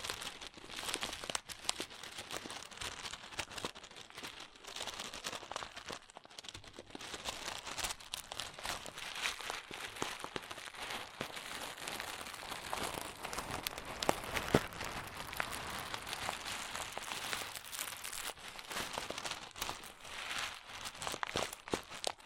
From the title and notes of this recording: ASMR Satisfying Crunchy Slime (No Talking).